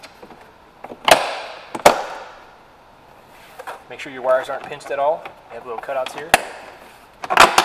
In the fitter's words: All right, we're putting our trim piece back in place. Of course, these just snap into place.